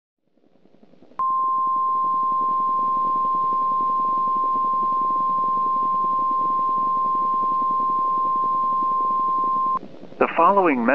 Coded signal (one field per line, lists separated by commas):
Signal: Emergency Alert System (SAME) tones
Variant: 1050 Hz attention tone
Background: speech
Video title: Black Sunday Dust Storm (EAS Scenario)